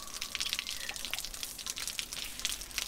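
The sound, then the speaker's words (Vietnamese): Steady shower spray hisses continuously in a warm, steam-filled bathroom as water pours over a person, with bright splashing and scattered droplet ticks over a broad, even wash of running water; no voices. “Tôi trút bỏ quần áo, nhanh chóng ngập mình dưới vòi sen, mệt lạ trong dòng nước. Nước tuôn lên người, tôi ngẩn mặt, đón thác nước mát mẻ.”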